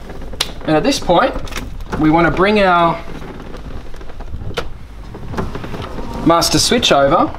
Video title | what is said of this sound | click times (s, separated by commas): Subaru Impreza Window Regulator Remove and Replace How To Video | just goes in like that push it in should hear a click and | 0.4 s